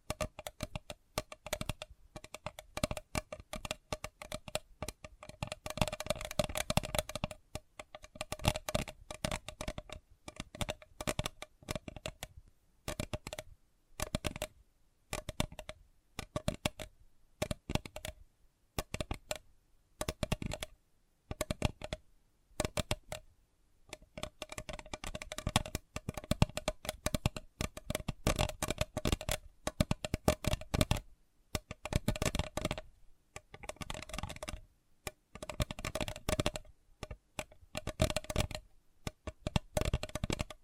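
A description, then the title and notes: Sensitive tapping comes in quick, dense bursts of light taps, sharp and crisp across lows and highs, much like shuffling cards or typing. The flurries run almost without pause, broken by short silent gaps, with a faint steady tone beneath throughout. Sensitive Tapping.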